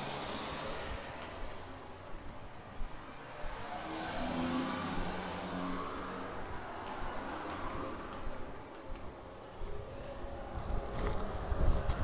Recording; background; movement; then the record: deep breathing; traffic; walking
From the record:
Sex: female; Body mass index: 18.3 kg/m2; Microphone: on the chest, facing outward